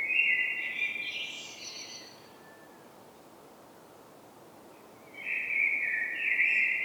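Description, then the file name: Common blackbird: a fluty warble ending in a squeaky flourish, followed by a quiet stretch of about three seconds and a second rich phrase. "Turdus merula"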